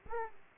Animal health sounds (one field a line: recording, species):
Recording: mosquito wingbeat signal from an infrared sensor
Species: Aedes aegypti